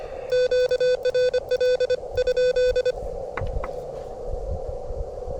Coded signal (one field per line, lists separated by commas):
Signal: Morse code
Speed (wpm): 25 wpm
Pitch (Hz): 500 Hz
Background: none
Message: QRL?